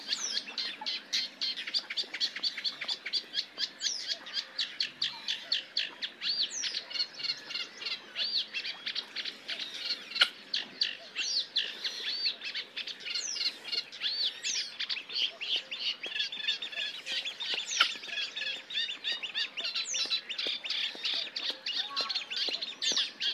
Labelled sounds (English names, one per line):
Red-necked Grebe call